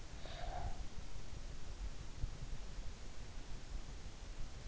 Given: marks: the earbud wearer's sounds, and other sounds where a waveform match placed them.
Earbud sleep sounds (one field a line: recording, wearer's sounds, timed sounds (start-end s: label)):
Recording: sounds in sleep by an in-ear microphone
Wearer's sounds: breath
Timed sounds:
0.04-1.04 s: breath